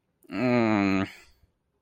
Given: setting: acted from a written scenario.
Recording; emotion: vocal sound without words; pain